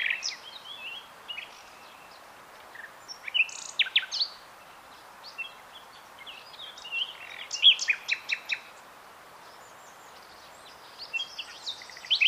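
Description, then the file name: Common nightingale song in scattered bursts of high chirps, short whistles and clicking notes separated by brief pauses, with a constant hiss behind. "Luscinia megarhynchos"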